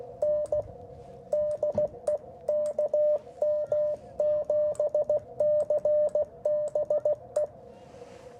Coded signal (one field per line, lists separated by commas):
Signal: Morse code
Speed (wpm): 16 wpm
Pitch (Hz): 600 Hz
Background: radio noise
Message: N DE KM7CBE